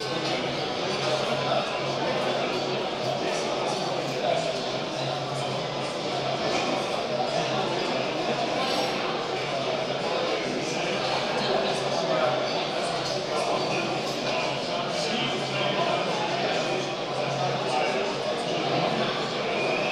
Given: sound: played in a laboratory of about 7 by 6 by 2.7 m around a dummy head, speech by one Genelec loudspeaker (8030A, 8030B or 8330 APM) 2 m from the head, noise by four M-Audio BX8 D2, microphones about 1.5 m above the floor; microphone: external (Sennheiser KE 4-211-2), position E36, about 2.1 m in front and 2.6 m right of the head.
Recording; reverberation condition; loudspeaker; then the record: cafeteria noise; high; four, about 170 cm from the corners of the room and facing them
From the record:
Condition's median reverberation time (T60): about 1300 ms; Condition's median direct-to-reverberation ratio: about -4.0 dB